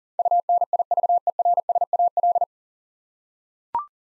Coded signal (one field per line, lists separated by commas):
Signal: Morse code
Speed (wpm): 38 wpm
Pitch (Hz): 700 Hz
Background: none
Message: UNIVERSAL